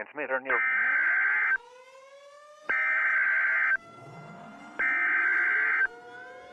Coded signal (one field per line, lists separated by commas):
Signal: Emergency Alert System (SAME) tones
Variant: header bursts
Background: speech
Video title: EAS Scenario: Tornado Alley Death Trap 2